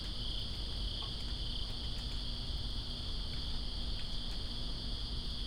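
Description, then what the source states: Crickets chirp in a steady, continuous high-pitched chorus over constant rain hiss and patter, with occasional droplet ticks. Crickets calling during rain in Greensboro on 2 September 2017.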